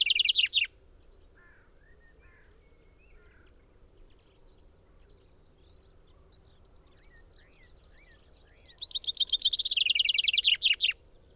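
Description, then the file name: Common chaffinch song: the tail of one song, then faint chirps from other birds, then a full rapid, falling trill with a terminal flourish near the end. "Fringilla coelebs"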